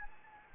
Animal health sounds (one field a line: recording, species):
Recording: mosquito wingbeat signal from an infrared sensor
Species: Anopheles gambiae